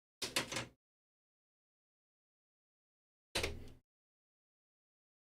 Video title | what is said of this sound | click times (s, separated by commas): Can we fix the server? - Just Chatting | That's a nice click. | 3.4 s